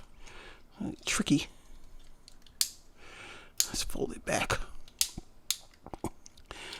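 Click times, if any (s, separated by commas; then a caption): 5.5 s. Someone talks while folding the plastic/metal chest section of a Soul of Chogokin GX-31SP Voltes V die-cast transforming robot figure back into its locked vehicle-mode position, with several sharp handling snaps along the way. The chest section clicks into place at 5.5 s, but the joint does not stay together well.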